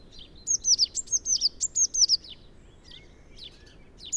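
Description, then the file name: Eurasian blue tit calls: a quick burst of high, thin, downslurred notes, then scattered faint peeps and another note at the end. "Cyanistes caeruleus"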